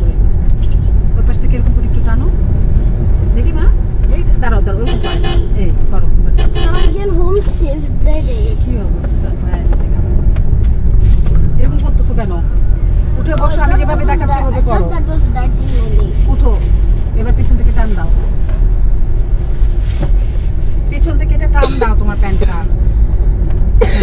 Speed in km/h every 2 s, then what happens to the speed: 38, 40, 40, 34, 38, 33, 35, 36, 39, 37, 38, 39.
0-24 steady at about 38.